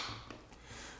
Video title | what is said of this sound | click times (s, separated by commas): Companion Cold Compression Therapy Kit Overview | plug it into the pump at one of the three ports labeled port 1 port 2 or port 3 until it clicks into place | 0.3 s